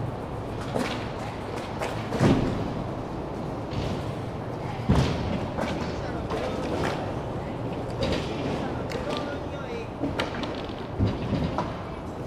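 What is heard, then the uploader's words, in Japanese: Skateboard practice at a skate spot: a steady rolling rumble runs throughout, broken by sharp clacks and thuds from boards landing and hitting the ground, strongest around 2, 5, and 11 seconds. Faint voices sit in the background. スケボーを練習する音。スケボー練習場の様子を録ってみました。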